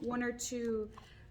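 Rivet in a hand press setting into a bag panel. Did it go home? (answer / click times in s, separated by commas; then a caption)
no / none. A rivet sits in a hand press, being set into a fabric tote bag panel. Someone talks briefly while the press is handled. Nothing has clicked or seated yet; the rivet is not yet home.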